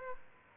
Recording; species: mosquito wingbeat signal from an infrared sensor; Aedes aegypti